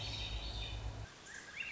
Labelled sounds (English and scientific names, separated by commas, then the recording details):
Swainson's Thrush (Catharus ustulatus)
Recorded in Sonoma County, California